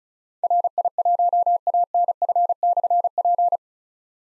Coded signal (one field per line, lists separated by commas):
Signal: Morse code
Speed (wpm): 36 wpm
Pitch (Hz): 700 Hz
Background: none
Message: RI1ANF/P